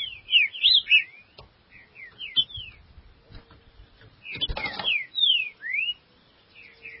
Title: Trinca Ferro